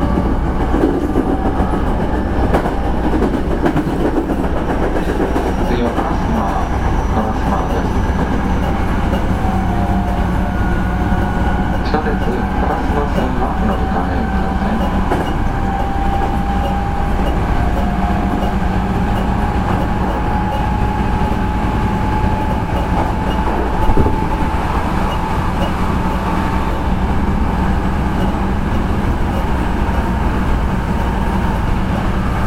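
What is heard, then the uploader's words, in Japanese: Running sound recorded aboard an electric express train: a steady, dense low rumble of wheels and track fills the whole clip. A thin motor whine slowly climbs in pitch from about the middle onward as the train gathers speed, with a faint knock near 24 seconds. 阪急電鉄9300系電車の走行音です。京都線の特急列車にて収録しました。区間は高槻市から烏丸までです。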